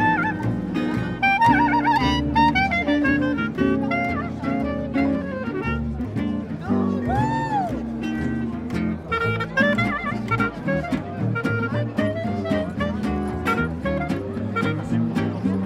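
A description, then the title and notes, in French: A Nuit Debout gathering at Place du Bouffay in Nantes, full of overlapping voices that keep a steady, dense level throughout. Pitched calls and a clear rising-then-falling tone near the middle stand out above the murmur, with frequent short sharp sounds scattered across. Nuit Debout à Nantes Place du Bouffay.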